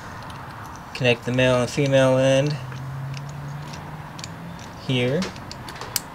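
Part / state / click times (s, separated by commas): harness extension cable connector into its mating connector in the car engine bay / seated / 6.0 s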